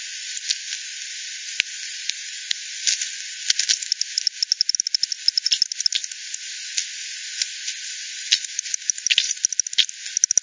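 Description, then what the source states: Bat echolocation as scattered single ticks building into quicker clicking runs later on, over an even hiss. Multiple bats, Hogsmill River at Hogsmill Lane, 7 October 2020, 18:10; frequency-divided by ten, band-pass filtered and resampled.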